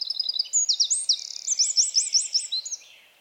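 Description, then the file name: Eurasian wren song, a fast tumbling series of high, sharp chirping notes and trills delivered in one energetic phrase that fades out at the end. "Troglodytes troglodytes"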